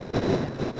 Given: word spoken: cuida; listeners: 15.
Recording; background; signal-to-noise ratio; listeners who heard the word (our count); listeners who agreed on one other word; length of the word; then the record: one Spanish word in noise, from a listening test; noise modulated by three-talker babble; -6.6 dB; 0 of 15; 7 of 15; 0.41 s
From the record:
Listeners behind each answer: 7, 1, 1, 1, 1, 1, 1, 1, 1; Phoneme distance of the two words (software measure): 17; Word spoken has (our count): 2 syllables, 5 phonemes, stress on syllable 1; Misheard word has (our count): 2 syllables, 4 phonemes, stress on syllable 1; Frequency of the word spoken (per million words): 5.57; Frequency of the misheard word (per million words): 809.46